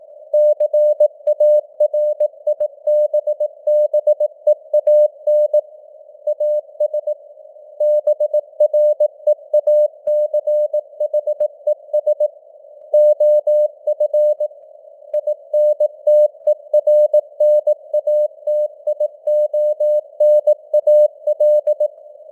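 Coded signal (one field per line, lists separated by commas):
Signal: Morse code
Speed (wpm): 18 wpm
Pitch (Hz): 600 Hz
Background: none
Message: CARIBBEAN AS BREACHES OF INTERNATIONAL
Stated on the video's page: Simulated Morse news headlines at 18 wpm with simulated radio noise and varying signal strength (QSB).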